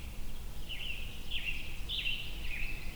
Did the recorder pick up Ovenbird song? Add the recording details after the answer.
no. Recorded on 22 June 2016 at 05:08. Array SBT-6-76